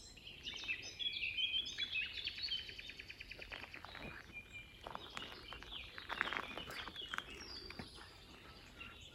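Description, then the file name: Common nightingale singing a rapid series of repeated clicking notes that breaks into varied, sharp, chattering phrases over constant low noise. "Luscinia megarhynchos"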